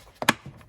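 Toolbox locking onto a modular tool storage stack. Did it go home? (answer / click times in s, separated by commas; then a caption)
yes / 0.2 s, 0.3 s. A toolbox holding cordless drills and an impact wrench is pushed down onto a Husky Connect modular tool storage stack, where it fits tight. Two sharp hard-plastic clacks are heard at 0.2 s and 0.3 s as it locks into place, seated on the stack.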